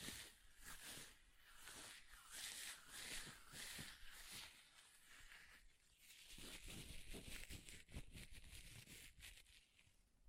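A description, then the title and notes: Paper being ripped and torn in a run of rough, scratchy bursts, some long and some short, with brief pauses near three and six seconds. ASMR Paper Ripping Tearing Sounds (No Talking).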